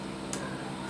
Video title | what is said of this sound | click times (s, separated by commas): Introduction to Sewing {Beginner's Class}/How To Sew/Sewing For Beginners/Sewing Tutorial | If it's properly fixed, you're going to hear a clicking sound. | 0.3 s